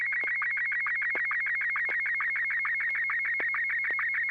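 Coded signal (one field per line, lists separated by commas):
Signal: SSTV (slow-scan television)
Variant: Martin 1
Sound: rapid warbling high tone stepping between pitches, punctuated by quick regular low chirps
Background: low hum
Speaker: I'm going to break with the tradition and do this one in Martin 1. N6YG.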